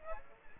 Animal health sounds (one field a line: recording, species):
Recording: mosquito wingbeat signal from an infrared sensor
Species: Aedes aegypti